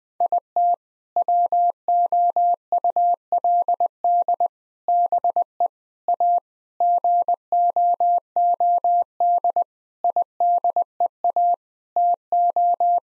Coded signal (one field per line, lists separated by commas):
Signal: Morse code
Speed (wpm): 20 wpm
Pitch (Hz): 700 Hz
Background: none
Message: IT WOULD BE A GOOD IDEA TO